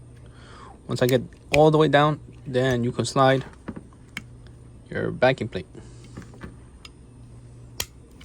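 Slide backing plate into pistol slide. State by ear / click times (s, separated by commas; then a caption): seated / 7.8 s. A slide backing plate is slid onto a pistol slide while a spring-loaded part is held down with a screwdriver for leverage. Someone talks, then faint scraping and small taps follow, and a sharp click at 7.8 s marks the backing plate snapping into place, fully seated.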